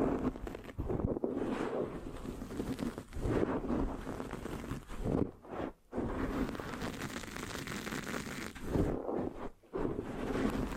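Scratching on a microphone fills the clip with dense, rough scraping that rises and falls in short strokes. Brief near-silent gaps break it up around 1, 5.5 to 6, and 9.5 seconds. Deep rumbling thumps sit under the bright, gritty rasp.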